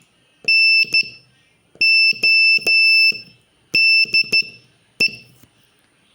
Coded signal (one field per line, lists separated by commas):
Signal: Morse code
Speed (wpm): 11 wpm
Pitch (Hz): 2650 Hz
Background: none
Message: NODE